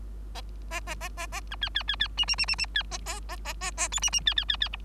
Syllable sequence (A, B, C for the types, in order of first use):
A A A A A B C C C C D D D D D C A A A A A A E D D C C C C F